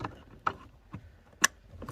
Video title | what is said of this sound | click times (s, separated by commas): NISSAN 370Z Remote Start Install! | just like that make sure it clicks in | 0.5 s, 1.4 s